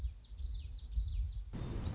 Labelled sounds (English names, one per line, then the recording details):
Common Yellowthroat
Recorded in Sonoma County, California